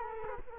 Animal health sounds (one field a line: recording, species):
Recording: mosquito wingbeat signal from an infrared sensor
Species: Culex quinquefasciatus